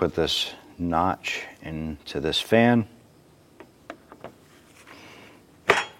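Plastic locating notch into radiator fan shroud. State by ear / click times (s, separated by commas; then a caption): seated / 5.7 s. Someone talks while a plastic locating notch on the part is pushed into the radiator fan shroud of the fan assembly, with a few faint ticks between 3.6 and 4.2 s. A sharp, loud click at 5.7 s marks the notch popping in and seating.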